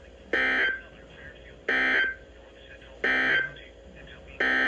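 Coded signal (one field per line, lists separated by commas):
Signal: Emergency Alert System (SAME) tones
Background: speech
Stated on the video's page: Five consecutive alert headers from NOAA Weather Radio station KIG86 in Columbus, Ohio: tornado, flood and three severe thunderstorm warnings.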